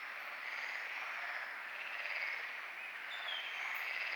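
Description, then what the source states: Frogs calling in a dense, steady chorus, a continuous high trilling hum with no clear breaks. Frogs calling at night at Lagoa do Congro; binaural recording, equalized.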